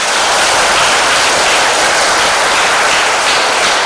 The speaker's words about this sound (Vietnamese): Rất là xứng đáng cho một tràng pháo tay thật lớn.